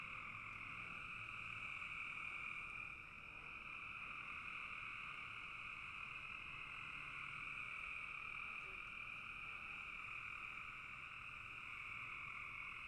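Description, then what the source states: Frogs in a dense, unbroken chorus of high trilling calls in two steady bands, with a brief dip in loudness near three seconds. Frogs in a bog.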